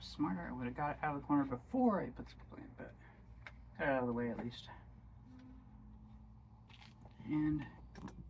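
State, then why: Seated. A plastic part is pushed into the housing of a Homelite UT08572 handheld leaf blower during reassembly after one corner of it has been worked into position. Someone talks, then it snaps home with a sharp click at 8.0 s, seating the part in place.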